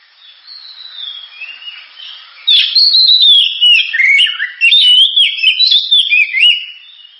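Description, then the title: Oriental magpie-robin song, a rich run of whistled, warbling phrases with quick slurred notes and trills, starting softly then bursting louder from about two and a half seconds onward. Loud, sharp, vigorous song used as a lure to prompt other birds to sing. "Kacer Gacor Suara Tajam. Kacer Gacor Suara Super Kenceng Cocok untuk Pancingan"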